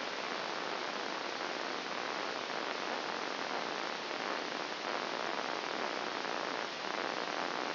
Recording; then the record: brain microelectrode recording played as sound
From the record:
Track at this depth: outside the subthalamic nucleus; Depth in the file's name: 2.076 mm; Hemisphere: left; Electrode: 2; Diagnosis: Parkinson's disease